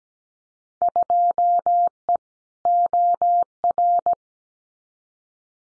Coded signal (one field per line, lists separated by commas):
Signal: Morse code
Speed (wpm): 17 wpm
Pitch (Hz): 700 Hz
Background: none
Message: 2E OR